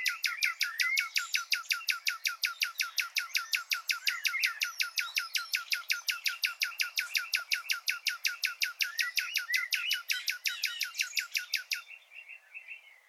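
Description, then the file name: Common nightingale delivering a long, fast, even series of harsh clicking notes, lasting some twelve seconds before stopping. "Luscinia megarhynchos"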